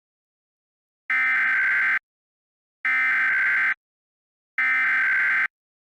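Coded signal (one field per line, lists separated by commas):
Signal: Emergency Alert System (SAME) tones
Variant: header bursts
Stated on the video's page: Fictional EAS scenario, a simulated alert.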